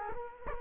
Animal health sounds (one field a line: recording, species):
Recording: mosquito wingbeat signal from an infrared sensor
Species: Culex quinquefasciatus